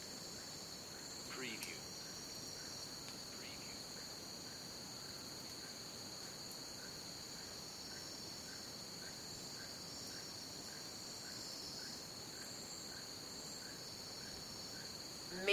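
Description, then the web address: Cricket chorus of steady high trilling, with faint repeated lower chirps, a few scattered clicks and a sudden louder knock at the end. Crickets in a jungle. "the sound pack tree. jungle crickets"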